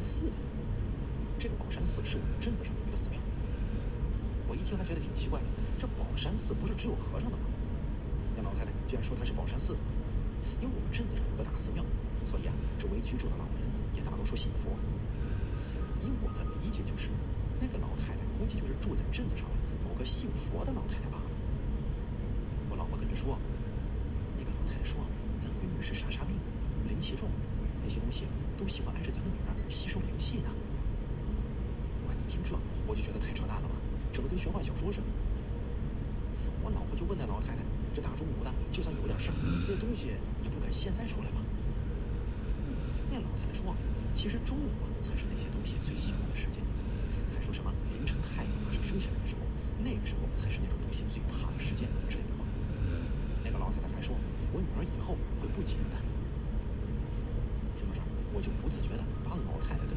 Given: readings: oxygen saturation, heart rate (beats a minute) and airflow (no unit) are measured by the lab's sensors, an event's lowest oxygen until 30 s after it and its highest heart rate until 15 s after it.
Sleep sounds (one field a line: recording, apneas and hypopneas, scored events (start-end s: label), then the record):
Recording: breathing in sleep by a smartphone at the bedside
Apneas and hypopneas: 1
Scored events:
3.00-33.00 s: new sleep stage, N1 (lightest sleep)
21.00-39.40 s: hypopnea (N1, oxygen 96% highest, then 92% lowest)
33.00-59.97 s: new sleep stage, N2 (light sleep)
From the record:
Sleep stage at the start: N2 (light sleep)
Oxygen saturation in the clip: 92 to 96%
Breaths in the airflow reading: 21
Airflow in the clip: -2.7 to 3.2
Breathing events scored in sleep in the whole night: 335 in 6.7 hours asleep